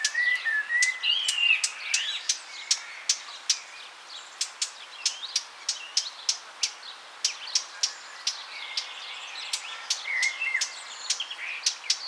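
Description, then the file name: Eurasian blackcap repeats dry, clicking tack notes rapidly, mixed with twittering, squeaky warbles. "Sylvia atricapilla"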